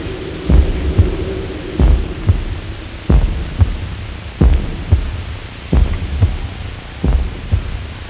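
A slow, steady heartbeat at about 46 beats per minute. Each beat is a deep, low-pitched paired thump (lub-dub), heard over a constant low hum.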